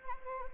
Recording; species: mosquito wingbeat signal from an infrared sensor; Anopheles arabiensis